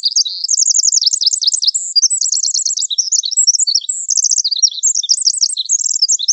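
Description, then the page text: Pacific wren song, an unbroken stream of thin, high, fast trills and chattering notes that keeps switching from one trill type to another. Pacific wren in coniferous forest. "Coniferous Forest Pacific Wren. Quick Sounds"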